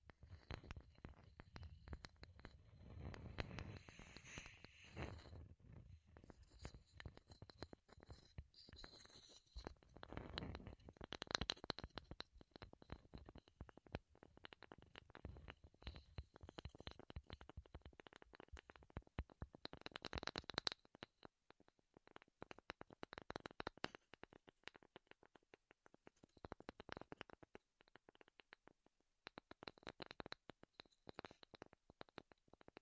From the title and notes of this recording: ASMR Wood Triggers in Your Ears (No Talking).